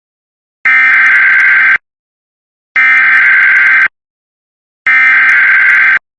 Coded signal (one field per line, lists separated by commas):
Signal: Emergency Alert System (SAME) tones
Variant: header bursts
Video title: 2 TRW (New EAS 9-10)